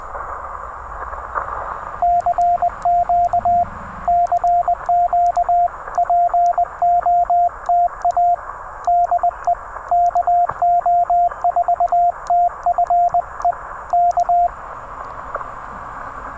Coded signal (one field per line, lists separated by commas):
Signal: Morse code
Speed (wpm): 20 wpm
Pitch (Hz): 700 Hz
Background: radio noise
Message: CQ CQ POTA DE KO4TFE K